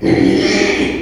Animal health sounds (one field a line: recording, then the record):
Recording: squeal of a Yucatan mini pig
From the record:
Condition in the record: after surgery on the right vocal fold (resection and tissue-engineered implant)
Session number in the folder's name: 2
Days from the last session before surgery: 13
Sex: male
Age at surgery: 12 weeks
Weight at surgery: 13 kg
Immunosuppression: cyclosporine, prednisolone